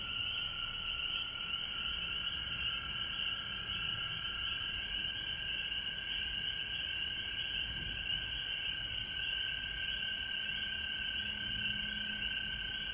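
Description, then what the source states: Frogs in full chorus, a continuous high pulsing drone with a steady lower tone, and a faint low hum joining near the end. Frogs recorded at home in Georgia on March 19, 2020.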